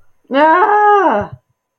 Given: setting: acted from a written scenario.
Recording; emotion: vocal sound without words; pain